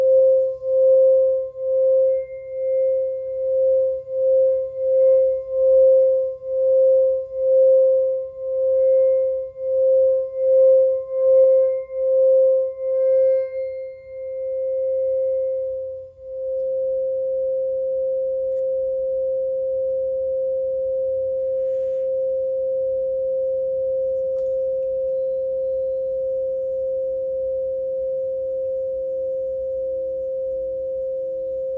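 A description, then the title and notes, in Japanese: A singing bowl rings with a single clear, mid-pitched tone. For the first fourteen seconds it pulses in a steady wobble, about twice a second, then settles into a smooth, even hum from around sixteen seconds, with a faint lower drone joining beneath it. 10分間のシンギングボウルライブ。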